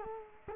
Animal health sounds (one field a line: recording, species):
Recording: mosquito wingbeat signal from an infrared sensor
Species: Culex quinquefasciatus